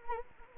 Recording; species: mosquito wingbeat signal from an infrared sensor; Anopheles arabiensis